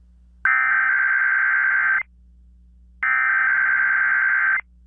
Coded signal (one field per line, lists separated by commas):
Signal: Emergency Alert System (SAME) tones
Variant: header bursts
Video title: Random KDKA Required Weekly Test (EAS#408)